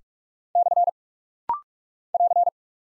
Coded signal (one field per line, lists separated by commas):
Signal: Morse code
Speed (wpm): 45 wpm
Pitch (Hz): 700 Hz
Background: none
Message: / <AR>